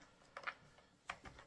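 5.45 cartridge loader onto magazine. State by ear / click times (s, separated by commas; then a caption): not seated / none. A loader for 5.45 cartridges is tried on the 5.45 magazine, giving sharp plastic-sounding knocks around 0.4 s and 1.1 s and a softer one near 1.4 s. The loader does not lock in place, and nothing has seated or clicked yet.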